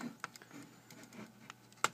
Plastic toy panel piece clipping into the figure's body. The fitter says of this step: And it takes a little bit of force, but not not a lot. You you hear it kind of softly click into place up here.